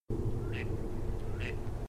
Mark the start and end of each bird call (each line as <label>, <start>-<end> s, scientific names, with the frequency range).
Mareca strepera (1.7-5.2 kHz), 0.51-0.64 s
Mareca strepera (1.7-5.3 kHz), 1.39-1.52 s